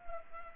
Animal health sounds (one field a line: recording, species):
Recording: mosquito wingbeat signal from an infrared sensor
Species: Culex pipiens